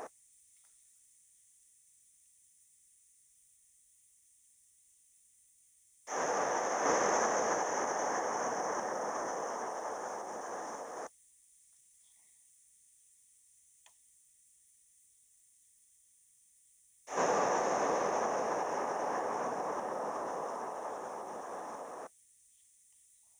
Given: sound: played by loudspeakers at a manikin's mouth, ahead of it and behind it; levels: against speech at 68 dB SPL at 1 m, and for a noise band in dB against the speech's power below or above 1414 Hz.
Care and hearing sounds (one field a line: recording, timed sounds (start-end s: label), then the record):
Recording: test signals for a remote microphone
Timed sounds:
0.00-0.07 s: speech-spectrum noise from the mouth, turned 45 degrees left
6.07-11.07 s: speech-spectrum noise from the mouth, facing ahead
17.07-22.07 s: speech-spectrum noise from the mouth, turned 45 degrees right
From the record:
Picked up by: remote microphone C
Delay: 23 ms